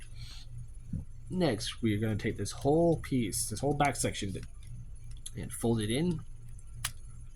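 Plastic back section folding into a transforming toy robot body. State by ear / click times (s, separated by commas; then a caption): seated / 6.9 s. The plastic back section of a Transformers Cybertron Starscream transforming robot toy from a Toys"R"Us two-pack is folded in and pushed against the robot body while someone talks. Faint handling clicks come first, then a sharp snap at 6.9 s as the back section seats into place.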